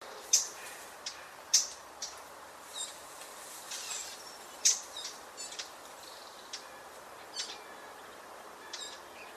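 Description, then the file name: Eurasian blackcap giving scattered sharp tack calls, a few louder ones spaced a second or more apart, against constant hiss. "Sylvia atricapilla"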